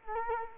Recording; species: mosquito wingbeat signal from an infrared sensor; Culex quinquefasciatus